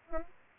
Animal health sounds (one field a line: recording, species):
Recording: mosquito wingbeat signal from an infrared sensor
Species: Aedes aegypti